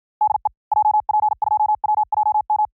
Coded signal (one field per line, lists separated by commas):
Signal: Morse code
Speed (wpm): 53 wpm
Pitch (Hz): 850 Hz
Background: none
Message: DE JP2WJM